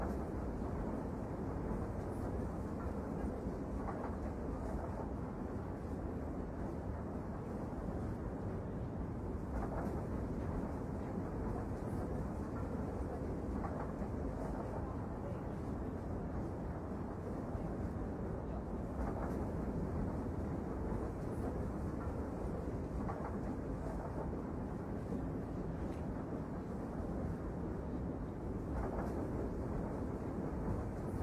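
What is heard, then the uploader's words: A train rolls along with a steady, dense low rumble that stays even for the whole half minute. Faint clicks and knocks from the wheels come through now and then, a little more often near the middle and end, over a dull constant roar. The pleasant sound of the train.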